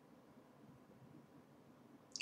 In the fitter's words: all right so when it's in you'll hear a click